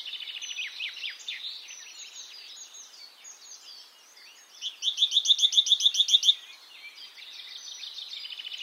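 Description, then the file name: Great tit call: a quick burst of rapid, regular chirping notes in the middle, with busy twittering before and after. "Parus major"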